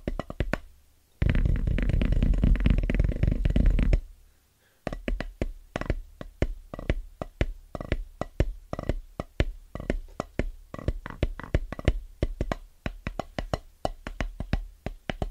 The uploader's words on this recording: Fast & Rhythmic Tapping On Drum Pads (No Talking).